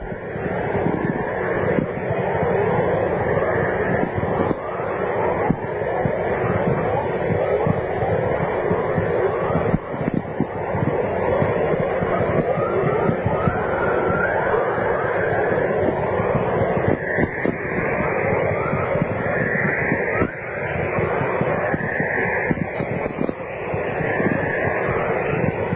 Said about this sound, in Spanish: Es el sonido de una aurora boreal. Es emocionante. Sí, emocionante. Es un sonido grabado en el Parque Provincial de Grass River, en Manitoba, en Canadá, el 30 de agosto de 1996.